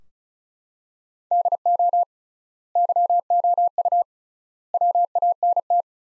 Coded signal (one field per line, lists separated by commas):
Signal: Morse code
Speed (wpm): 36 wpm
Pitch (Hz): 700 Hz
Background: none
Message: DO YOU WANT